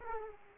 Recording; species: mosquito wingbeat signal from an infrared sensor; Aedes aegypti